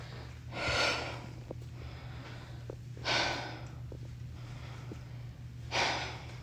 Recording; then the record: deep breathing after running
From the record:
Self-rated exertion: light exertion (2 of 6); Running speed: 7 miles an hour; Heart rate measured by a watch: 72 beats a minute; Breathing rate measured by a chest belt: 14 breaths a minute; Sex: female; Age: 51 years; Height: 165 cm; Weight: 51 kg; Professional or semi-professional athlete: no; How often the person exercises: 3 to 5 times a week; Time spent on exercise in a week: 3 to 4 hours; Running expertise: no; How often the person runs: 3 to 5 times a week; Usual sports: running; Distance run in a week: 25 miles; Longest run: 50 km